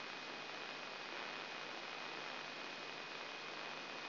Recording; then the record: brain microelectrode recording played as sound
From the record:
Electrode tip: outside the subthalamic nucleus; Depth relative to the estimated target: 1 mm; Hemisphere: left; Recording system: AlphaMap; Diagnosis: Parkinson's disease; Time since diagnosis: 9 years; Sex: male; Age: 66 years